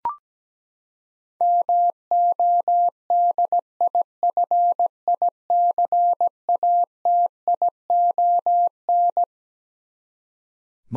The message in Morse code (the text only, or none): MODIFICATION